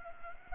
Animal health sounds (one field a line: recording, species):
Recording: mosquito wingbeat signal from an infrared sensor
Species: Culex pipiens